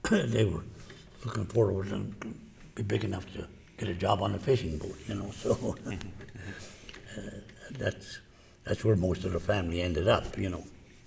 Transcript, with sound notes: They were looking forward to be big enough to get a job on fishing boat, you know, so! [Laughs] That's where most of the family ended up, you know.